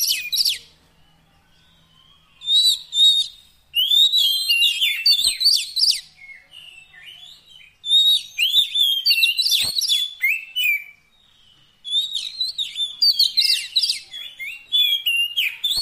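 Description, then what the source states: Oriental magpie-robin singing in several energetic bursts of rich whistles, slurred notes and chirps, separated by short pauses. Long-duration fill-in (isian) song track meant to make the bird sing energetically (gacor) day and night.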